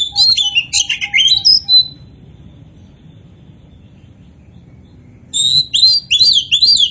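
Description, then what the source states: Oriental magpie-robin song: rapid bursts of varied, sweet whistled notes and slurs, a two-second phrase, a three-second pause, then another phrase, over low steady background hum. Local Indonesian variety name kacer poci; described as gacor, singing vigorously.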